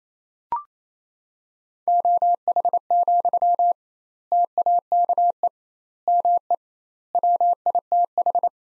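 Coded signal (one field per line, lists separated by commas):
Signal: Morse code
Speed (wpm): 27 wpm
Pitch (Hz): 700 Hz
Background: none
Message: OH, TAKE ME WITH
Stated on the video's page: Morse practice sentences at 28 wpm with twice standard word spacing, a Farnsworth-like method.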